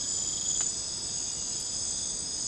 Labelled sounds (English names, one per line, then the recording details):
none
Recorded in secondary vegetation near Puerto Asís, Putumayo, Colombia, on 26 December 2024 at 03:00
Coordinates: 0.499, -76.323
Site G010